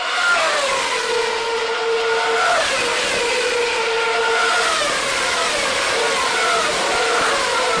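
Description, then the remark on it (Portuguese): Older Formula 1 race car engines scream loudly and continuously, their high-pitched whine climbing and dropping repeatedly as the cars rev and shift gears, as heard in an internet video comparing Formula 1 car sounds, with no voices present. “E agora, esse ano, eu vi um vídeo na internet que comparava o som dos carros, que era esse som aqui.”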